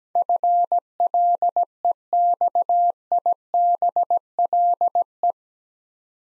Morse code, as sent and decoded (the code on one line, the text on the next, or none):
..-. .-.. . -..- .. -... .-.. .
FLEXIBLE